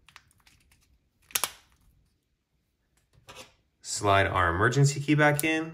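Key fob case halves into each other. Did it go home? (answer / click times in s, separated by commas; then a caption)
yes / 1.4 s. The two plastic halves of a 2018–2021 Nissan Kicks remote key fob case are pressed back together after a battery change, giving faint handling ticks and then a sharp snap at 1.4 s and another at 1.4 s as the halves seat shut. After a short pause, someone talks.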